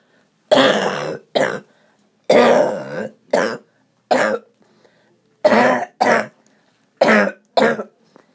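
Tracheobronchomalacia (TBM) cough in an adult: about nine loud, harsh cough bursts over eight seconds, mostly in pairs, the first of each pair longer and drawn out.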